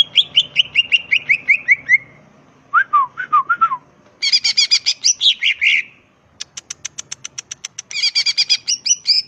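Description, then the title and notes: Greater green leafbird song: quick runs of descending chirps, slurred whistles, scratchy chattering and rapid ticking notes in changing phrases, with faint low hum. Vigorously singing (gacor) bird, described as melodious and used as a master recording for training other greater green leafbirds; song described as ngentrok with raised crest (jambul nembak). "Cucak Ijo Gacor Ngentrok Jambul Nembak. suara burung cucak ijo gacor, merdu cocok buat masteran burung cucak ijo"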